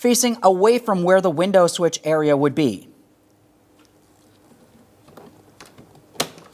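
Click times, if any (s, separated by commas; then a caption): 6.2 s. A power mirror switch for a 2011-2026 Mitsubishi Outlander is oriented and pressed into its opening in the plastic door trim panel. Someone talks for the first few seconds, followed by quiet with a few faint ticks and then a sharp, loud click at 6.2 s. The switch is seated in the door panel.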